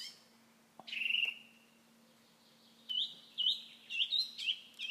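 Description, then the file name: Common nightingale song: a single drawn-out whistle, a long pause, then a quick series of repeated looping chirped notes; a low steady hum throughout. "Nachtegaal"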